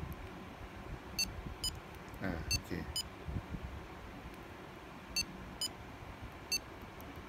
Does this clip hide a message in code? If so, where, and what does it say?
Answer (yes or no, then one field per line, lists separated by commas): no